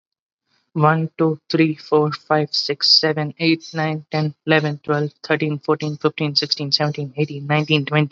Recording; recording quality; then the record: counting at a fast pace; excellent, no background noise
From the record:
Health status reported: healthy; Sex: male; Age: 20 years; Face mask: not worn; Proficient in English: yes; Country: India